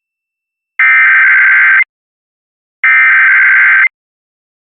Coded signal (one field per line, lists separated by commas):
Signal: Emergency Alert System (SAME) tones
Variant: header bursts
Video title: San Bernardino County Required Monthly Test (EAS #1175-1176) 9/6/23